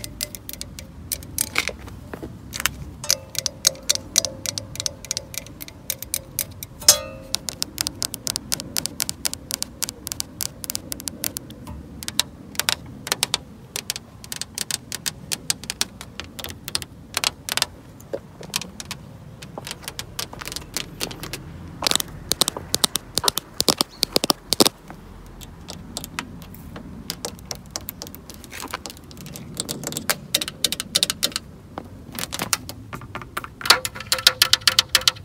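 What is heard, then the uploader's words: Rapid, irregular dry taps on a car lens crowd together in dense bursts over a low rumbling engine hum, with brief pauses between runs. ASMR FAST CAR TAPPING LENS TAPPING (OLDTIMER).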